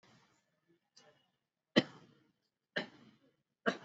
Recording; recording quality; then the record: shallow voluntary cough; excellent, no background noise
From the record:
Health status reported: exposed to COVID-19, no respiratory illness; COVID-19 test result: not tested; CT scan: not taken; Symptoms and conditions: none ticked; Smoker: no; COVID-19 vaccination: both doses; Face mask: worn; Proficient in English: yes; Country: India